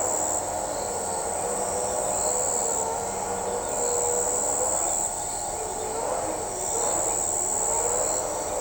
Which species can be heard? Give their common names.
none